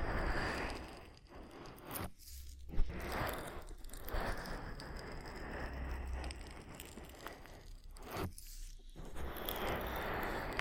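Oily ear massage sounds: a dense, continuous wet crackling and scraping rubs along with steady texture. It breaks into two brief near-silent gaps, around two and eight seconds, and a sharp tap lands just before three seconds. A low hum sits underneath throughout.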